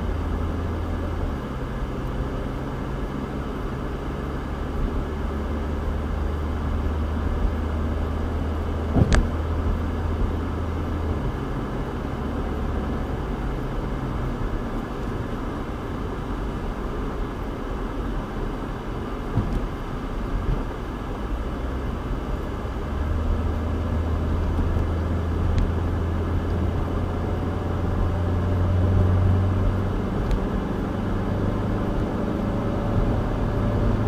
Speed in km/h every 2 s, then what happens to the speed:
44, 47, 52, 56, 61, 64, 66, 66, 64, 56, 52, 55, 60, 66, 72, 77, 84.
0-11 speeds up to 66. 15-19 brakes to 52. 21-34 speeds up to 84.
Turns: none.